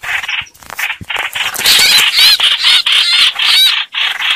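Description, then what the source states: Red-whiskered bulbul calling in distress, a run of scratchy chattering bursts that grows louder and denser midway, mixed with thin wavering squeals. Calling for help, a distress call.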